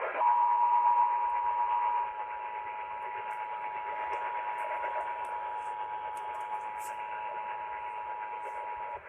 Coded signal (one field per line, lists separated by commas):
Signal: Emergency Alert System (SAME) tones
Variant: 853 and 960 Hz attention tone